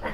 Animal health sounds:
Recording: pig call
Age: piglet (1 to 25 days)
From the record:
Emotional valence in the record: positive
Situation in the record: reunion after long isolation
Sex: female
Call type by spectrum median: low-frequency call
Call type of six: low-frequency tonal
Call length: 0.14 s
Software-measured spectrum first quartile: 266 Hz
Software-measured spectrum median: 687 Hz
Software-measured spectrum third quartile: 1398 Hz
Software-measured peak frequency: 519 Hz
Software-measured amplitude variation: 107 dB a second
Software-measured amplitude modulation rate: 10.9 a second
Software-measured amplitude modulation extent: 9.9 dB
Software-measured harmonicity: -0.6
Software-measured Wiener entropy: -0.95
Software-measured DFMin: 456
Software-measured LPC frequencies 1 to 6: 670, 1947, 3210, 4736, 6545, 7506 Hz

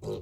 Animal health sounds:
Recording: pig call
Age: weaner (32 to 43 days)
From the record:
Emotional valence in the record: negative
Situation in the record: short isolation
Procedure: open field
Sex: female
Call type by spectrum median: low-frequency call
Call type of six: low-frequency stable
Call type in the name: low-frequency stable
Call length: 0.21 s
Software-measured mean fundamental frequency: 60 Hz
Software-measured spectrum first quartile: 218 Hz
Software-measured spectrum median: 389 Hz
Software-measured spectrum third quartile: 569 Hz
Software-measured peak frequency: 380 Hz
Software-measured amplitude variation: 107 dB a second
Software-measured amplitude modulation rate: 21.4 a second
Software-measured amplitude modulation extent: 5.0 dB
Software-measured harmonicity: 1.3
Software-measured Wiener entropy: -0.30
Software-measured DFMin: 911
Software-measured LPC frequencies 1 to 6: 432, 2586, 3139, 3917, 4825, 5935 Hz

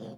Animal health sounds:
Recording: pig call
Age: piglet (1 to 25 days)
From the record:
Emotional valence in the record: negative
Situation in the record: short isolation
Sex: female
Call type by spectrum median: low-frequency call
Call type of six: low-frequency stable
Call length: 0.18 s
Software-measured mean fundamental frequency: 49 Hz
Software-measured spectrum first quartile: 204 Hz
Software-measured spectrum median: 361 Hz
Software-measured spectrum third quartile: 621 Hz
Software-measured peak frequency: 212 Hz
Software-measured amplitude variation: 106 dB a second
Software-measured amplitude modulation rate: 16.5 a second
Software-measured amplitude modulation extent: 6.4 dB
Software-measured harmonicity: 0.1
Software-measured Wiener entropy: 0.01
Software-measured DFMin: 1897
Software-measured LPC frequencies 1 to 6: 490, 1619, 3435, 4569, 5978, 6788 Hz

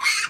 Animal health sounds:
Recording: pig call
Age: piglet (1 to 25 days)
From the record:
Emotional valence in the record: negative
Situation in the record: castration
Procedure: castration, treatment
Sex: male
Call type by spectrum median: high-frequency call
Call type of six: high-frequency stable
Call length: 0.30 s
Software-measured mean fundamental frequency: 306 Hz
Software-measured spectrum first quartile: 2041 Hz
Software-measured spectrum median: 2956 Hz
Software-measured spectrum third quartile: 5328 Hz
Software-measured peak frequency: 2162 Hz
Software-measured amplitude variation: 139 dB a second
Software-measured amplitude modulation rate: 14.9 a second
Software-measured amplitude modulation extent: 9.4 dB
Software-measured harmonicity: 3.0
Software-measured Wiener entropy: -2.07

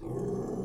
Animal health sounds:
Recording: pig call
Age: weaner (32 to 43 days)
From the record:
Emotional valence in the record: negative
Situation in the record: novel object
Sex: female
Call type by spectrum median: low-frequency call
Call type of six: low-frequency stable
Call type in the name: low-frequency stable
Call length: 0.66 s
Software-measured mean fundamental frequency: 64 Hz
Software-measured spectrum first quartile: 179 Hz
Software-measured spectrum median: 324 Hz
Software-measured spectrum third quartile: 446 Hz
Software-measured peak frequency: 400 Hz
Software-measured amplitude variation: 154 dB a second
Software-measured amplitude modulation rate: 27.5 a second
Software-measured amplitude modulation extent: 5.6 dB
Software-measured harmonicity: 2.0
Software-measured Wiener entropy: -0.10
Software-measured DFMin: 925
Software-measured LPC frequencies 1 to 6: 389, 3143, 4237, 5254, 6154, 7324 Hz

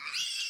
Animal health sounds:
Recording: pig call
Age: piglet (1 to 25 days)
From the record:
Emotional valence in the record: positive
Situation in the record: reunion after long isolation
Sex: female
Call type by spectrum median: high-frequency call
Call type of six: high-frequency stable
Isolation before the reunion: 8 minutes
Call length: 0.51 s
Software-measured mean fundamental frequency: 389 Hz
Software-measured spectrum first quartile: 2841 Hz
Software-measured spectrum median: 3923 Hz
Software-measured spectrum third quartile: 5368 Hz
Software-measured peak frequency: 2816 Hz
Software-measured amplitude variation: 111 dB a second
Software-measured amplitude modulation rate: 15.8 a second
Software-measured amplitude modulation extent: 7.0 dB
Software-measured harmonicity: 3.2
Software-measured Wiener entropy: -2.56

